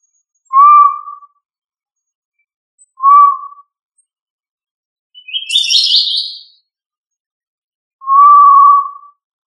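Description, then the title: Tinamou giving clear, level whistled notes, each under a second long and spaced a few seconds apart, with one higher buzzy sound in between. "Familia Tinamidae - Quail - Puyuh"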